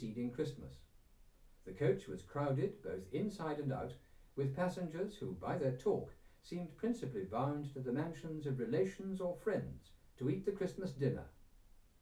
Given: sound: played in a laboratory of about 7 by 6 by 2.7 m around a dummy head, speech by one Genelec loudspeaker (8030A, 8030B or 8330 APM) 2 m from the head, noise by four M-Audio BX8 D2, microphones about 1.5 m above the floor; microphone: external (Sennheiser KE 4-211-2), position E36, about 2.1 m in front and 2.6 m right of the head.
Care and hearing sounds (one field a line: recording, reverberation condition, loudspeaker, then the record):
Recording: male speech in English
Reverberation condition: low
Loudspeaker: 60 degrees to the left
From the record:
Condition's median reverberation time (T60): about 310 ms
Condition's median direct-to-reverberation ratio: about 3.5 dB